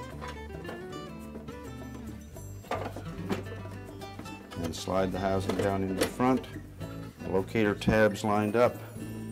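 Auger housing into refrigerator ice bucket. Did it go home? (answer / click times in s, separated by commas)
no / none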